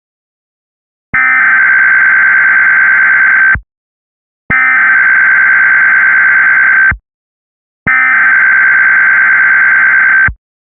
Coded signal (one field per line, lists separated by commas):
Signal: Emergency Alert System (SAME) tones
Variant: header bursts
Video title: EAS: Administrative Message (Arizona)